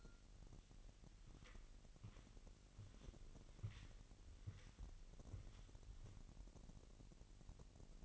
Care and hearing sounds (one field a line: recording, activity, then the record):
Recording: daily activity, microphone in the room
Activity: walk to room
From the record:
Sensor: 4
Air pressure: 1002.9 hPa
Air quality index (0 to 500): 248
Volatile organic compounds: 11 ppm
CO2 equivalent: 2299 ppm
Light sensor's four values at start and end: 10/23/9/9 and 8/19/7/8